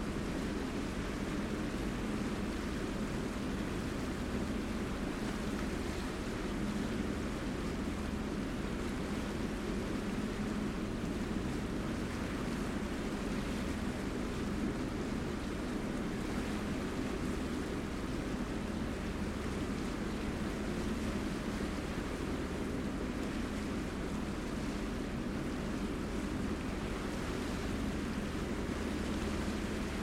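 A boat engine hums steadily and low beneath a constant wash of water, the dense rumble unchanging throughout with a faint rushing hiss.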